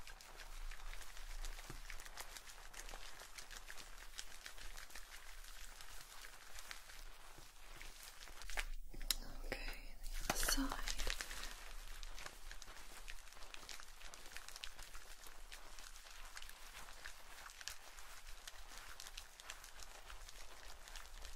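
Hair cutting with a steady crisp crinkling hiss of snips and rustles, a louder brushing burst around nine to eleven seconds.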